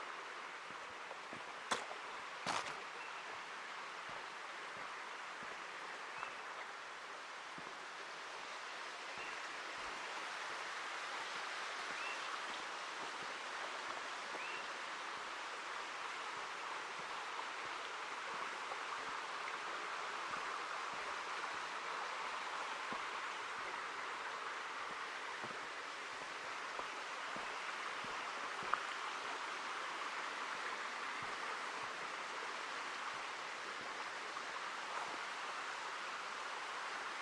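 A steady rush of running water fills the Ancient Forest Preserve, dense and even from start to finish, centered in a mid-to-bright hiss. A couple of sharp clicks stand out near the two-second mark, with faint scattered ticks underneath throughout.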